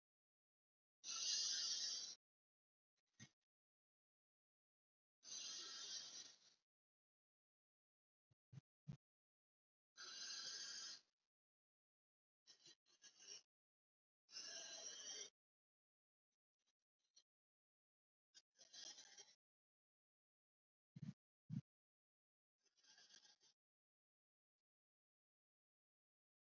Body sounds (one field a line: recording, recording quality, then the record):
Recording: deep breathing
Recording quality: excellent, no background noise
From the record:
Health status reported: exposed to COVID-19, no respiratory illness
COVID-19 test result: negative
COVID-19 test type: RT-PCR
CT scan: not taken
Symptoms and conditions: none ticked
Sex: female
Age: 22 years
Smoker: no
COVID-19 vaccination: one dose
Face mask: not worn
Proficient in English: yes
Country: India